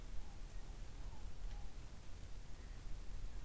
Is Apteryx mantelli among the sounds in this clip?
no